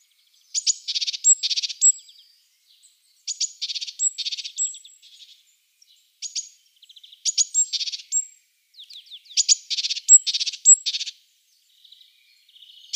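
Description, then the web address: Great tit: small bird giving bursts of rapid, buzzy chattering notes, each burst lasting about one to two seconds, repeated with short pauses. "Schulze Peter Great Tit calls"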